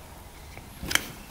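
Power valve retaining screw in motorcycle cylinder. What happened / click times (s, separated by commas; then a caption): The screwdriver slipped out of the screw head, stripping it / 1.0 s. A driver slips in the head of the screw holding the power valve in a two-stroke motorcycle cylinder while someone tries to undo it, giving a sharp snap at 1.0 s. The screw head is stripped.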